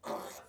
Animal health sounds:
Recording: pig call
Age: piglet (1 to 25 days)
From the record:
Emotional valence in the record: negative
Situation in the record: restrain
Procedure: back test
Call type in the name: low-frequency call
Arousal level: maximum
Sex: male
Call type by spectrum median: low-frequency call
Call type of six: mixed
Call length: 0.49 s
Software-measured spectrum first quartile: 575 Hz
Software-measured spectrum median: 989 Hz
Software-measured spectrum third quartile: 2656 Hz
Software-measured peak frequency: 579 Hz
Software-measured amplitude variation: 117 dB a second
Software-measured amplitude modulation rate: 19.4 a second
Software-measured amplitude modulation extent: 6.0 dB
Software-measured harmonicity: 0.1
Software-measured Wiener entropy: -1.45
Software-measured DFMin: 1011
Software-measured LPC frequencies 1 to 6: 631, 1121, 2008, 3566, 4359, 5759 Hz

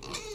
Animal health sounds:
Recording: pig call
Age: weaner (32 to 43 days)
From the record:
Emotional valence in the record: negative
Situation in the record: short isolation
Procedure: open field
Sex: female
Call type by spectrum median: high-frequency call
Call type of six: mixed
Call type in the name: high-frequency modulated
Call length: 0.35 s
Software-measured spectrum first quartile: 509 Hz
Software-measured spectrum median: 2248 Hz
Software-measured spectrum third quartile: 4799 Hz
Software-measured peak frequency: 415 Hz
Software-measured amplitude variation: 119 dB a second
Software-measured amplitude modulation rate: 27.2 a second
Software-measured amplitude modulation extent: 4.4 dB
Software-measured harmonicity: 2.6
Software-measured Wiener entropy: -1.84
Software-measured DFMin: 662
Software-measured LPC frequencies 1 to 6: 436, 1147, 2317, 3697, 4286, 5492 Hz

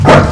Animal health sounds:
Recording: pig call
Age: growing-finishing pig (85 days or more)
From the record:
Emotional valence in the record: positive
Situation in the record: run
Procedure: transit

